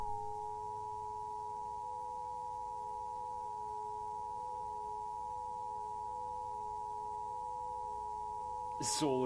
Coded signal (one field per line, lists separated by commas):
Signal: Emergency Alert System (SAME) tones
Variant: 853 and 960 Hz attention tone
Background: speech